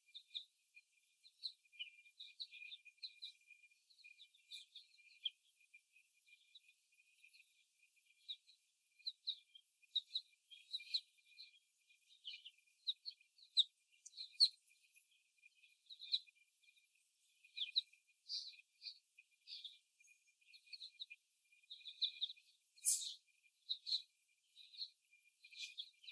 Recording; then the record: young laying hens in a cage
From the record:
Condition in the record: before the stressor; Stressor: simulated dog barking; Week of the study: 1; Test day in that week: 1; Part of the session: 2